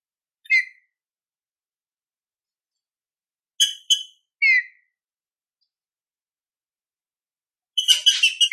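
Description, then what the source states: Green-winged saltator song: a single slurred whistle, a pause of several seconds, then a quick pair of notes and a falling note, and finally a dense harmonic phrase. Classic-style song used for training.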